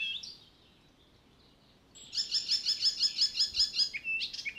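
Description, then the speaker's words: Icterine Warbler song: a short whistled phrase, a pause, then a fast run of repeated harsh, buzzy notes ending in varied squeaky whistles. Song heard only a few weeks a year; the bird is rarely noticed except by its song; 15,000–30,000 pairs breed in Finland, under one percent of Europe's total. "Kultarinnan laulua kannattaa ihastella nyt, sillä sitä ei kuule kuin muutaman viikon koko vuonna. Eikä kultarintaa juuri koskaan huomaakaan muuten kuin laulusta."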